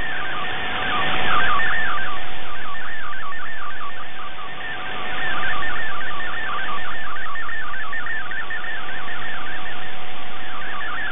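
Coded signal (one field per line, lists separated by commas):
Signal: multi-tone FSK (Olivia or MFSK type)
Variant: MFSK64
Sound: fast warbling tone hopping among pitches, over hiss and a steady low hum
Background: radio static, steady tone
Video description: In this video it is MFSK64 for the image and MFSK32 for the concluding text after the image.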